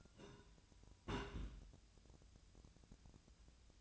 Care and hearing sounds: daily activity, microphone in the room; place on stove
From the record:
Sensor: 2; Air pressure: 1009.9 hPa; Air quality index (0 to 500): 178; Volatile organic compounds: 10 ppm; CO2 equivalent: 2223 ppm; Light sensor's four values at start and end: 31/77/33/37 and 31/77/33/37

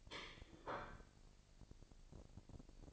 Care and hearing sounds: daily activity, microphone in the room; place plate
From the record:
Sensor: 5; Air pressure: 1007.5 hPa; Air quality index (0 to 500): 92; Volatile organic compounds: 1 ppm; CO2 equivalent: 723 ppm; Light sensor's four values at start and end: 31/72/29/29 and 30/72/29/29

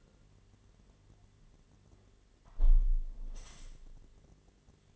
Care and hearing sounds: daily activity, microphone in the room; close window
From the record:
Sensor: 4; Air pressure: 1007.3 hPa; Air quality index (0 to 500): 199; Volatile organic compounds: 7 ppm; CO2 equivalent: 1981 ppm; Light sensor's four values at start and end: 23/73/28/27 and 23/73/28/27

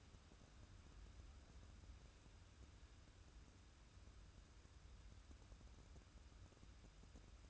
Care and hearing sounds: daily activity, microphone in the room; wipe stove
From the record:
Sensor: 2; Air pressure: 994.3 hPa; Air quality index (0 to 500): 213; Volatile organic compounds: 1000 ppm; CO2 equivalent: 7039 ppm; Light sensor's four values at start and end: 135/322/136/140 and 132/314/133/136

